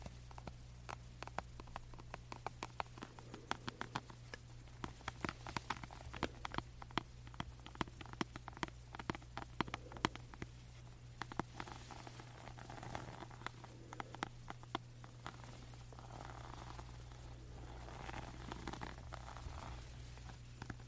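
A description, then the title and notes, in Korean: A lamp is scratched and tapped in quick, dense, uneven clicks throughout, over a steady low hum that never changes. 조명 스크래칭 , 탭핑.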